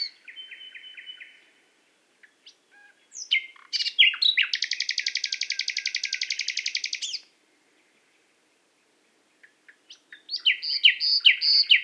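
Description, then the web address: Common nightingale song: a thin whistled phrase, scattered notes, a long dense buzzing trill, silence, then fresh varied phrases. "SETE data Luscinia megarhynchos"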